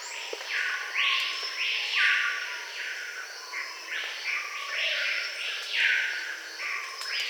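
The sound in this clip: Bird calls: a run of wide, arching swept notes, several overlapping, over a steady high hiss.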